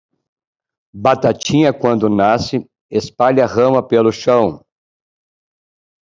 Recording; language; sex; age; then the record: short text; Brazilian Portuguese; male; 50 to 59 years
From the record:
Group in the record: control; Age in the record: 57 years